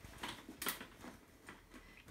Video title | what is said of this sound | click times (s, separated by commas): How To Easily Put Up/down Travel Cot - Baby Bed 👶🤔 | you will hear them click | 0.6 s, 0.7 s